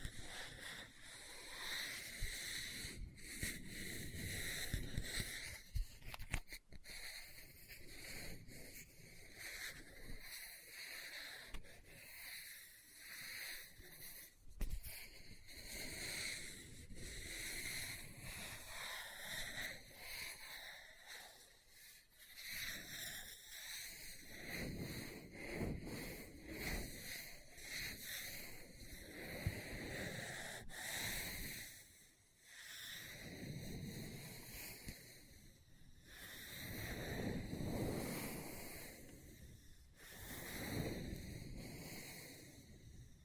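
Tapping and scratching on a book, with rustling, papery strokes that rise and fall in waves through the clip. Sharp taps land irregularly, a few standing out near 7, 15 and 31 seconds. Quieter lulls come around 22 and 32 seconds.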